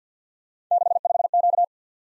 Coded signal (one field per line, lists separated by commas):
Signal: Morse code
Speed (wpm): 52 wpm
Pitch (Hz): 700 Hz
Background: none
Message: 65Q